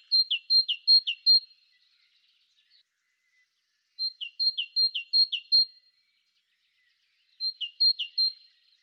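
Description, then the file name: Great tit song: clear two-note see-saw phrases, a high note dropping to a lower one, repeated several times per burst, three bursts with pauses, quiet background. "Parus major"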